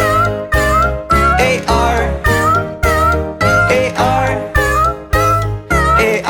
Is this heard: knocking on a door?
no